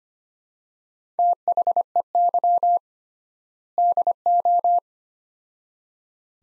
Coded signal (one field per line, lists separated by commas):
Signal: Morse code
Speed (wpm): 25 wpm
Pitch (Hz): 700 Hz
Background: none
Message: THEY DO